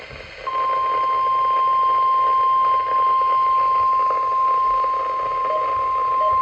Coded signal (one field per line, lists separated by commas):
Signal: Emergency Alert System (SAME) tones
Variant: 1050 Hz attention tone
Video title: EAS #855 Tornado Warning